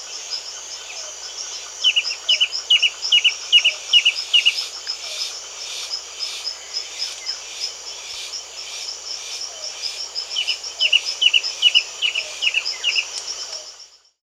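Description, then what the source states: Stripe-chested antwren song: two bursts of rapid short notes, each lasting a few seconds, with a constant high-pitched insect drone throughout. South America.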